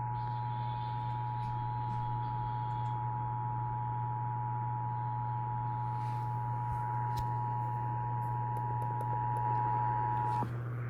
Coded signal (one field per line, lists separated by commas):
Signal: Emergency Alert System (SAME) tones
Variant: 853 and 960 Hz attention tone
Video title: Eas Toa on KGG68 KUHT 8.3 KTRH 740am Eas#1016- 1018)